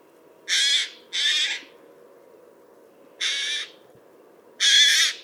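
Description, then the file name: Eurasian jay making rough, noisy screeches, a quick pair followed by two more single calls at irregular gaps. "Garrulus glandarius"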